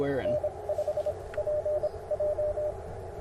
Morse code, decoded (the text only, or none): N5PJ